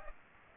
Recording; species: mosquito wingbeat signal from an infrared sensor; Aedes aegypti